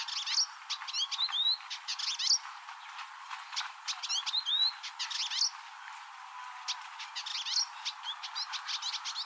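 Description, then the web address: Village indigobird song mixing scratchy chatter, clicks and clear whistled slurs in irregular phrases, with short quieter gaps between outbursts. "Indigobird Song Vidua chalybeata"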